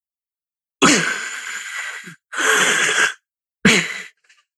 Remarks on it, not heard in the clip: So sleep apnea is different than snoring. Sleep apnea is when you choke on yourself. You asphyxiate yourself on your own body. People do this all night. And when you're choking on yourself, you're in the state of stress. So your cortisol spikes, your adrenaline spikes, blood sugar goes up. And this is why sleep apnea can cause diabetes.